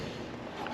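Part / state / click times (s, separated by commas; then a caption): folding seat latch on a scooter body / seated / 0.7 s. The folding seat on a Honda Motocompacto scooter body is folded up until it clicks into its latch at 0.7 seconds. Low background noise precedes the short, sharp latch click, and afterwards the seat is latched in.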